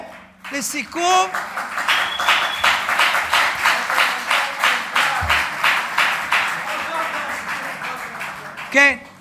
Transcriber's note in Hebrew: מחיאות כפיים